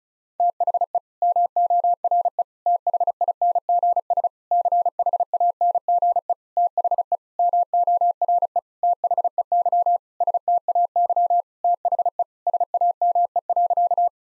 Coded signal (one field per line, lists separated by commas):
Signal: Morse code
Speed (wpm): 34 wpm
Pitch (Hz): 700 Hz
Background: none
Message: THE MORE THINGS CHANGE THE MORE THEY STAY THE SAME.